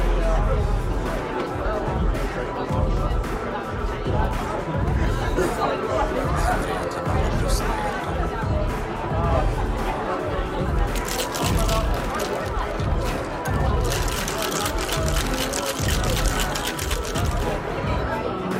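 Murmuring bar sounds: a dense, steady hubbub of many overlapping voices, with no single speaker standing out. A low rumble runs underneath throughout, and brighter clinks and clatters become more frequent in the last several seconds.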